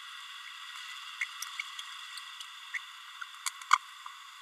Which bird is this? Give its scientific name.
Forpus passerinus